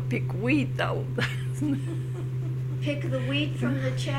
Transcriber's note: chuckles